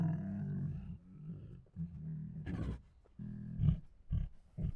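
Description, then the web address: Tiger groans and huffs, a long low rumbling moan followed by short broken grunts and a few abrupt huffing bursts near the end. Hungry tiger groans, huffs, moans and snores. "Sound Ideas Tigers Sound Effects Hungry Groans, Huffs, Moans and Snores"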